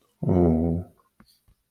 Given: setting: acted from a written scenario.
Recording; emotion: vocal sound without words; guilt